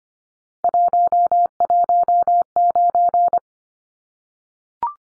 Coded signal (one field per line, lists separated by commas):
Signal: Morse code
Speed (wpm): 25 wpm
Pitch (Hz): 700 Hz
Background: none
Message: 119